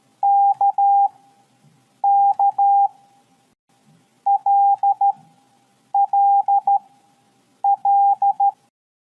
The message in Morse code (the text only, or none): KK LLL